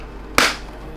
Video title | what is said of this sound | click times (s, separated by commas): Star Wars Black Series Scout Trooper Helmet (Biker Scout) Unboxing & Review - Hasbro | And then it should just lock into place. | 0.4 s